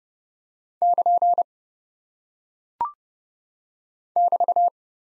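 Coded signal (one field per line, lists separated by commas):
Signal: Morse code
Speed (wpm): 30 wpm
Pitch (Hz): 700 Hz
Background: none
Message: <KN> <BT>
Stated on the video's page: Head-copy practice of single punctuation and prosign characters at 30 wpm; each is sent in Morse, spoken, then sent again.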